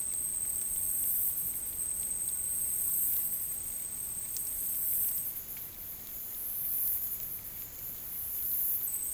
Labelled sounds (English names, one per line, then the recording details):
none
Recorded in dense forest near Puerto Asís, Putumayo, Colombia, on 22 June 2025 at 12:30
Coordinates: 0.503, -76.323
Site G059